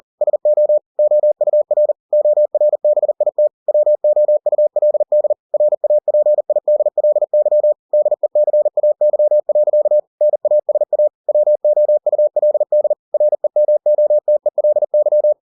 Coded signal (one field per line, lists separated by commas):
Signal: Morse code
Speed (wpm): 40 wpm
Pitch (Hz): 600 Hz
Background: none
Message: SO OUR ORBIT WOULD RAPIDLY DECAY. NASA WOULD REMOTELY